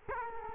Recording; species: mosquito wingbeat signal from an infrared sensor; Culex quinquefasciatus